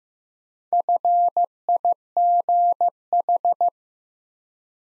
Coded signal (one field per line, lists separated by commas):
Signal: Morse code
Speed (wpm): 15 wpm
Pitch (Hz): 700 Hz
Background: none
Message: FIGH